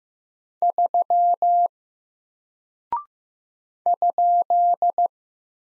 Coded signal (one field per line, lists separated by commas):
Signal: Morse code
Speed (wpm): 15 wpm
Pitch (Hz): 700 Hz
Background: none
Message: 3 ?